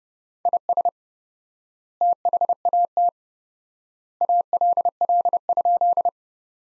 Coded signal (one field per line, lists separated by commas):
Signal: Morse code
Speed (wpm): 30 wpm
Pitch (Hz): 700 Hz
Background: none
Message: IS THAT ALL?